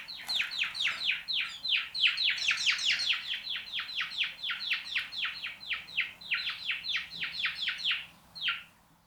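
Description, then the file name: House sparrow chirping in a fast, continuous run of sharp, harsh notes, several per second, ending with one spaced chirp. "Passer domesticus"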